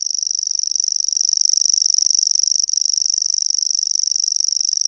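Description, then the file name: Common grasshopper warbler reeling song: a high, dry, insect-like trill held without a break throughout, very fast and even. "PENSASSIRKKALINTU"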